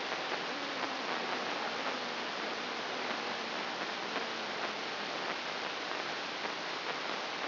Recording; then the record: brain microelectrode recording played as sound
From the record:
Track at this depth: inside the subthalamic nucleus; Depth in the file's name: 5.337 mm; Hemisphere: right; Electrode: 2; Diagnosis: Parkinson's disease